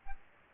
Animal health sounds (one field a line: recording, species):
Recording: mosquito wingbeat signal from an infrared sensor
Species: Aedes albopictus